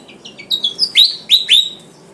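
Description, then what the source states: Flycatcher song: thin high chirps, then three loud sharp downslurred whistles, the last two close together. Sikatan Jawa, described as gacor (singing vigorously); kipasan style.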